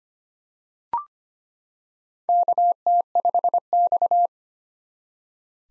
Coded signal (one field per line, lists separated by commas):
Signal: Morse code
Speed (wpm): 25 wpm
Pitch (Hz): 700 Hz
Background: none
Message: KT5X